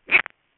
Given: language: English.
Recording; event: throat vibration sensor signal played as sound; swallow